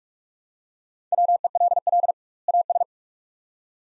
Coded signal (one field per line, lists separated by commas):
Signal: Morse code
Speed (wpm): 46 wpm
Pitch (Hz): 700 Hz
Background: none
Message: WELL AS